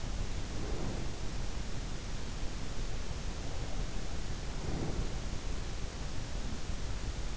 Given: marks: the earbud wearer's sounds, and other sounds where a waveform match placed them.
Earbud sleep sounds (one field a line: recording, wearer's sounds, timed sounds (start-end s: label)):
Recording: sounds in sleep by an in-ear microphone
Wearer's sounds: breath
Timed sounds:
0.00-1.81 s: breath
3.16-6.04 s: breath